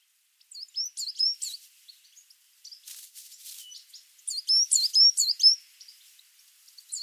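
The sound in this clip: Coal tit song: high, bright two-note phrases repeated rapidly in bursts, with pauses between bursts.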